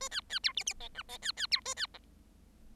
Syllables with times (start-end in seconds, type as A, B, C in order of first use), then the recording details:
0.00-0.09 A, 0.11-0.21 B, 0.29-0.39 B, 0.43-0.53 C, 0.56-0.64 D, 0.66-0.74 D, 0.80-0.88 E, 0.94-1.03 F, 1.08-1.18 E, 1.22-1.32 B, 1.36-1.47 B, 1.51-1.61 C, 1.65-1.74 A, 1.76-1.86 B, 1.94-1.98 G. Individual Bird7